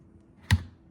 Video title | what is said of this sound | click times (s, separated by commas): The cheapest of Mini-Masterpiece!!! Studio Series 86 Soundwave review | Listen to the nice click. | 0.5 s